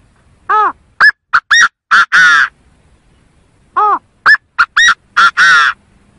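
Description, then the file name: Chinese francolin calling twice, each phrase a rapid run of five or six harsh, clipped, grating notes, the opening note arched and the last drawn out, with quiet gaps between. In forest. "Tieng ga go rung"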